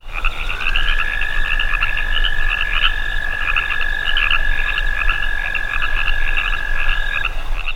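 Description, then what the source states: Crickets chirping in a dense chorus: one steady high unbroken trill runs through most, with many scattered higher chirps over it and a low rumbling background. Mass chorus outdoors in a marsh.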